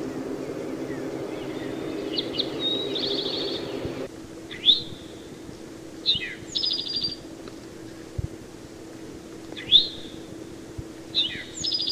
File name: Eastern Towhee